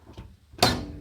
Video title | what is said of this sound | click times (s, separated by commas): Smeg DF612AEW Dishwasher - White! | you listen here as I close it it's quite a loud click that is | 0.6 s